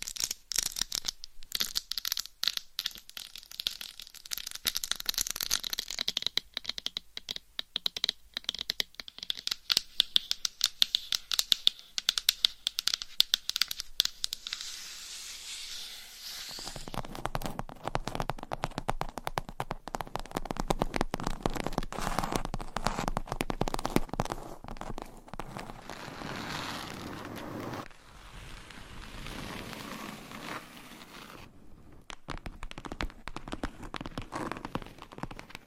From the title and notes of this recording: ASMR IMMUNITY TEST 10 Levels of Tapping INTENSE Trigger Warning! No Talking.